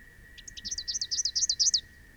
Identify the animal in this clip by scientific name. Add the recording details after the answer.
Basileuterus rufifrons. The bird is a male. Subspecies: rufifrons. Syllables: 13. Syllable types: 4. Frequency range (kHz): 2.8-7.0 kHz. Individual SP-NWBS-M